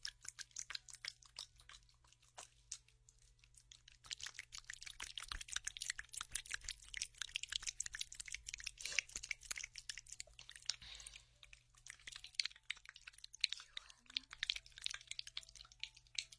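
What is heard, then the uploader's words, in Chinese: Aloe gel is worked over the ears in an ear spa, making wet, sticky crackles and squishes. The first few seconds bring only scattered clicks, then from about four seconds the bright crackling turns dense and nearly continuous. A steady low hum runs underneath. 超爽の芦荟胶耳朵SPA。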